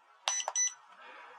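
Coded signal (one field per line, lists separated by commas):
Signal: beep code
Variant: HobbyZone RC transmitter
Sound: a plastic click, then two short high beeps with a click between them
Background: room hiss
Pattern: 2 short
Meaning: Two beeps mean medium rates are selected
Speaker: those two beeps means it's medium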